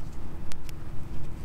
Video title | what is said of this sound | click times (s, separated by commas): How to build an espalier trellis for fruit trees | you want is it to eventually kind of snap in it you hear the click and then now it could slide freely so | 0.5 s, 0.7 s